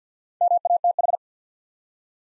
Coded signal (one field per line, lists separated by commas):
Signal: Morse code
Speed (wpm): 48 wpm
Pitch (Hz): 700 Hz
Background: none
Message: MATH